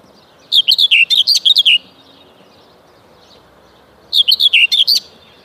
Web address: Kurs PTTK Kurs materiały Przyroda Ptaki Cierniówka